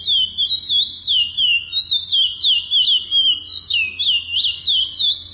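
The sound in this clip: Chestnut-bellied seed finch singing an unbroken chain of melodious whistled swoops, rising and dipping, over a soft steady low hum.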